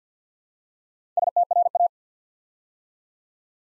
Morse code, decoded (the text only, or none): STRA